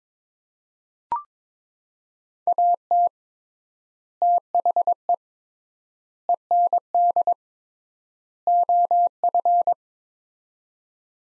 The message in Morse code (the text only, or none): AT THE END OF